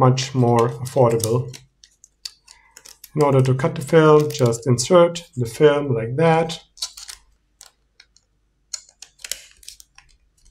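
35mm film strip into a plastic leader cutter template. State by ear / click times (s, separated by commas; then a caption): seated / 9.3 s. A 35mm film end is inserted into a plastic film leader cutter template and pressed until it snaps into place, with a sharp click at 9.3 seconds confirming it is seated. Someone talks at first, followed by soft handling ticks and taps as the film is fed in.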